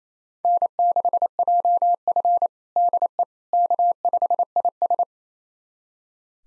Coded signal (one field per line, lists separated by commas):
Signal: Morse code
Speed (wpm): 28 wpm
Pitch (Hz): 700 Hz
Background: none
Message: N6JF DE K5IS